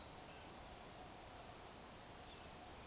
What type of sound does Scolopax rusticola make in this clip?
whistle